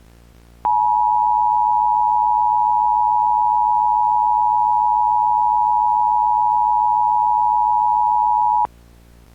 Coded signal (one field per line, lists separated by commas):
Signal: Emergency Alert System (SAME) tones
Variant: 853 and 960 Hz attention tone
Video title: EAS Recreation (6/9/12): "Not a Typical Flash Flood!"